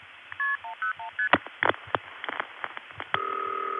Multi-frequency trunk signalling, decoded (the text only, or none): KP101ST